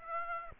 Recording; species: mosquito wingbeat signal from an infrared sensor; Aedes aegypti